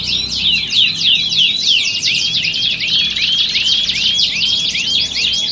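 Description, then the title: Canary delivering a quick run of high chirping notes that loop up and down, interspersed with short whistled slurs, steady and unbroken. Belgian canary; warm-up song used to train canaries for singing contests and build a champion bird's confidence. "Canto Para Esquentar Canário Belga. Simulasi Lomba Kenari. Suara Kenari Lomba. Melatih Mental Kenari Juara"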